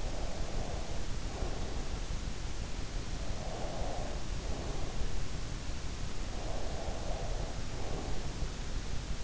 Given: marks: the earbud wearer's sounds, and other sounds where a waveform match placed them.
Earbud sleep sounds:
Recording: sounds in sleep by an in-ear microphone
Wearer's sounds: breath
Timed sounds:
0.00-2.06 s: breath
3.19-5.30 s: breath
6.27-8.40 s: breath

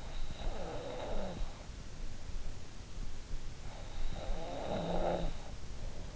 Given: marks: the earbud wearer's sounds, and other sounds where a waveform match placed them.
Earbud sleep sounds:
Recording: sounds in sleep by an in-ear microphone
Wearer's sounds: breath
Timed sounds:
0.06-1.74 s: breath
3.70-6.16 s: breath

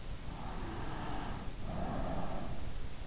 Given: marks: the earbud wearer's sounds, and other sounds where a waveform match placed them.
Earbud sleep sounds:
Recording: sounds in sleep by an in-ear microphone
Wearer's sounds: breath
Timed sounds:
0.28-3.02 s: breath

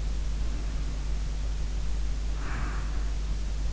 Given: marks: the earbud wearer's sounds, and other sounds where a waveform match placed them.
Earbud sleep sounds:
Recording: sounds in sleep by an in-ear microphone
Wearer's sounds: breath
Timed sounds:
0.13-3.28 s: breath

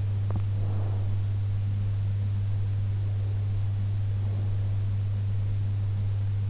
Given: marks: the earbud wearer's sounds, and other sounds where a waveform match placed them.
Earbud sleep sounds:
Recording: sounds in sleep by an in-ear microphone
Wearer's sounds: teeth grinding, breath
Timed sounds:
0.24-0.51 s: teeth grinding
0.53-1.22 s: breath

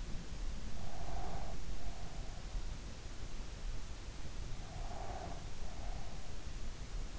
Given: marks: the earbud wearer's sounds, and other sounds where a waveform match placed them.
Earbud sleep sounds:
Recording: sounds in sleep by an in-ear microphone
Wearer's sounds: breath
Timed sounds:
0.77-2.51 s: breath
4.67-6.18 s: breath

